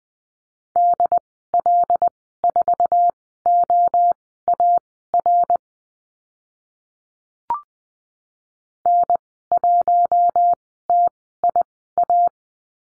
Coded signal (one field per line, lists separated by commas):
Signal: Morse code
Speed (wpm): 20 wpm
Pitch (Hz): 700 Hz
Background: none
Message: DL4OAR N1TIA